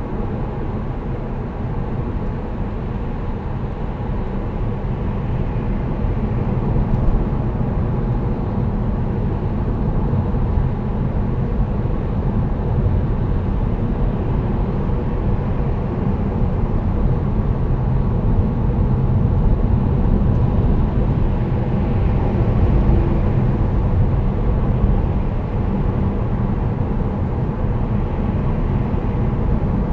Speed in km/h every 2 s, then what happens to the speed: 78, 78, 77, 76, 77, 77, 77, 76, 77, 77, 79, 84, 84, 82, 80.
0-19 steady at about 77. 19-23 speeds up to 84. 23-30 steady at about 82.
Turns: none.